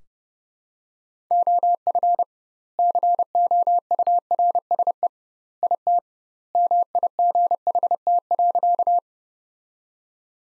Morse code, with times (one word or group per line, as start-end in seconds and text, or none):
1.3-2.2 OF
2.8-5.1 COURSE
5.6-6.0 IT
6.5-9.0 MIGHT.